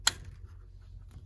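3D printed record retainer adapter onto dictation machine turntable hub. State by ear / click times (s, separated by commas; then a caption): seated / 0.1 s. A 3D printed plastic record retainer adapter is snapped into place onto the turntable hub of a SoundScriber dictation machine. A single sharp click sounds at 0.1 s, followed by a low hum and a few faint ticks. The adapter is seated and clamped tight with no give.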